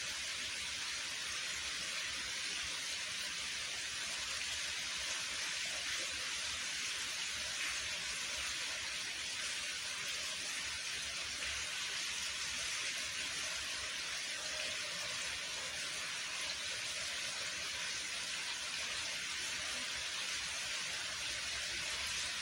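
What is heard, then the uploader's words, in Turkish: Rain falls in a steady, dense hiss, bright and unchanging throughout, with a faint low rumble underneath and no distinct individual drops. Yağmur Sesi.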